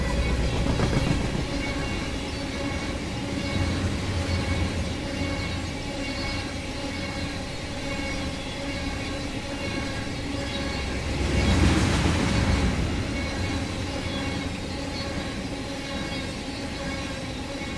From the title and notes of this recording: A long freight train recorded in Columbia Hills State Park, Washington, right on the Columbia Gorge. The trains here are frequent, long, running at full speed, and easily accessible to recording. ORTF: Røde nt5 pair recorder: SD702. Freight train - Columbia Hills State Park.